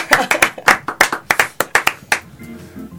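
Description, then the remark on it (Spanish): A small group claps for about two seconds in a quick, uneven patter of sharp hand claps that then stops, leaving a faint murmur of voices and background sound. “Merece un aplauso.”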